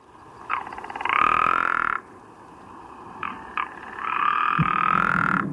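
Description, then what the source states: Rock Ptarmigan song: hoarse, rattling croaks in two long grating bursts, with a few short clicks before and between them. Fairly hoarse song, recorded by Bertrand Muffat-Joly of the French Office for Biodiversity.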